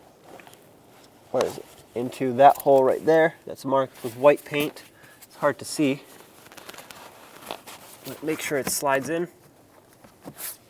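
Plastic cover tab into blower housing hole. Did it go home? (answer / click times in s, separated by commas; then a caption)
no / none. Someone talks while working the tab of a plastic blower cover into a hard-to-see hole marked with white paint on the heater blower motor housing of a 2002–06 Toyota Camry. Only light handling noises are heard, with a few small taps near 0.4 s and between 6.5 and 7.5 s. The tab is being lined up, and nothing has snapped or clicked into place yet.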